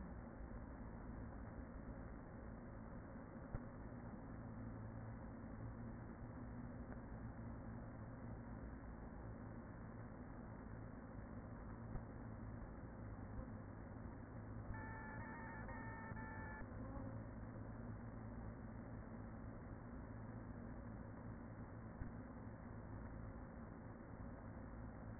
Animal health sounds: honeybee colony, microphone inside the hive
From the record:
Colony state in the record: queen present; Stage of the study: after two queens were removed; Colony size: about 40,000 bees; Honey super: no

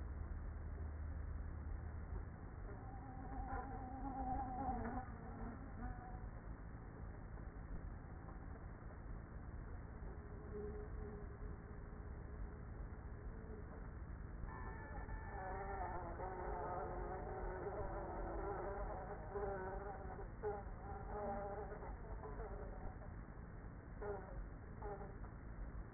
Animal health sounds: honeybee colony, microphone inside the hive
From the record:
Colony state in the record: queenless with a low population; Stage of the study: after two queens were removed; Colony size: about 30,000 bees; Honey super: no

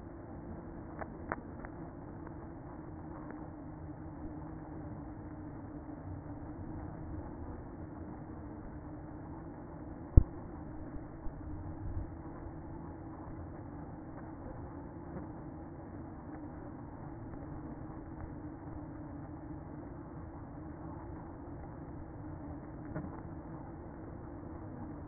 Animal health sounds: honeybee colony, microphone inside the hive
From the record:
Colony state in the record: queen present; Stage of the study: after two queens were removed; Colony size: about 60,000 bees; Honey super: yes

